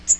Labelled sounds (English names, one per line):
Magnolia Warbler flight call